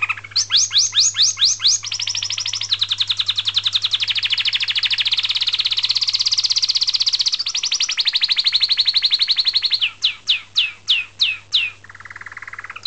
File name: Canto-do-canário